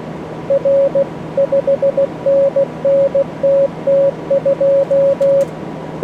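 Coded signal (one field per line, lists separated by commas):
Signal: Morse code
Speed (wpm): 16 wpm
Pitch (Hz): 550 Hz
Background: radio noise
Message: R 5NN TT2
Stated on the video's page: Simulated contest Morse from the Morse Runner practice program, used for speed practice.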